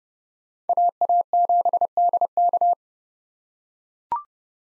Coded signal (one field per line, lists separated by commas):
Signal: Morse code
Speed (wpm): 30 wpm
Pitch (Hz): 700 Hz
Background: none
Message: AA7DK